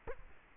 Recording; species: mosquito wingbeat signal from an infrared sensor; Culex quinquefasciatus